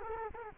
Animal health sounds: mosquito wingbeat signal from an infrared sensor; Culex quinquefasciatus

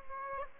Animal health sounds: mosquito wingbeat signal from an infrared sensor; Aedes aegypti

